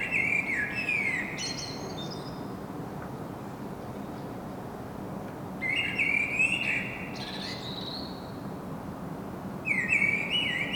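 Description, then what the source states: Common blackbird singing rich, mellow whistled phrases that run into high scratchy twitters. Three phrases come several seconds apart against constant low rumble. Singing, recorded in Saint-Gilles, Belgium, with a Sony PCM-M10 internal microphone.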